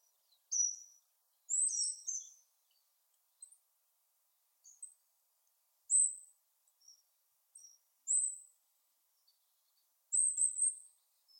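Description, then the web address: Bird calls: scattered high, thin chirps and short whistled bursts at irregular intervals, with longer silences between groups of notes. "Bird Only"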